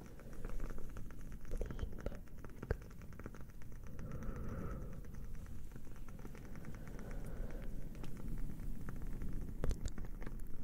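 A fire crackles steadily, with a dense run of small ticks and snaps over a soft, constant low rumble. A few sharper pops stand out, notably near the three-second mark and again close to ten seconds.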